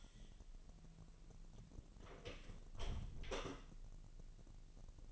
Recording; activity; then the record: daily activity, microphone in the room; close door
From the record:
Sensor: 4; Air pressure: 1002.0 hPa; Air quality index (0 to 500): 248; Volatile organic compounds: 41 ppm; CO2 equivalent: 3157 ppm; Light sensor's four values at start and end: 9/20/8/7 and 10/21/8/8